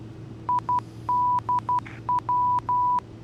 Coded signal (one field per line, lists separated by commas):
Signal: Morse code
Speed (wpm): 12 wpm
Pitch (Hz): 990 Hz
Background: none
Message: IDW